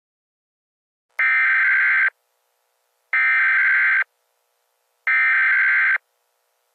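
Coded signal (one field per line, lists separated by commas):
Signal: Emergency Alert System (SAME) tones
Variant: header bursts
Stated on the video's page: Fictional EAS scenario of a tornado disaster in Colorado.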